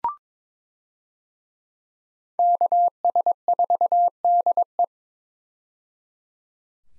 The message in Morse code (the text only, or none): KS4DE